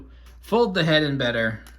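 The head section of a plastic Transformers Studio Series Voyager Class Rhinox robot toy is being folded inward toward its torso while someone talks. Nothing has seated or clicked yet; the clip ends before the part goes home.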